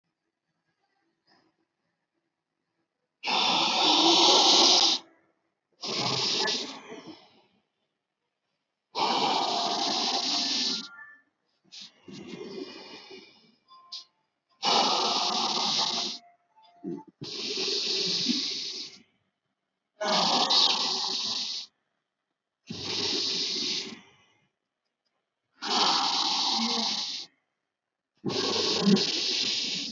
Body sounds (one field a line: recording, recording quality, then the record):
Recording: deep breathing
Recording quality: excellent, no background noise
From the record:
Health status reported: healthy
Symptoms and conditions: none ticked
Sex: male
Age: 26 years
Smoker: yes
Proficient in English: yes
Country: India